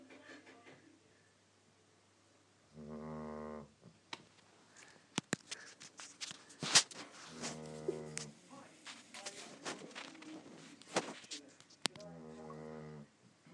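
A Labrador dog snoring.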